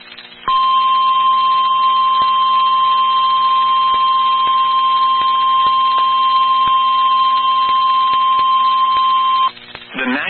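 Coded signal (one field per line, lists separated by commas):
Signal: Emergency Alert System (SAME) tones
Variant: 1050 Hz attention tone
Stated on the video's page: Severe thunderstorm warning received on NOAA weather radio.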